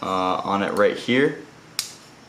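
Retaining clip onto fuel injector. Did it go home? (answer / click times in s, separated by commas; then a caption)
yes / 1.8 s. Someone talks while pushing a metal retaining clip onto a 1050cc Injector Dynamics fuel injector for a G35, the clip that will hold the injector in the fuel rail. A single sharp click sounds at 1.8 seconds as the clip snaps into place, seated on the injector.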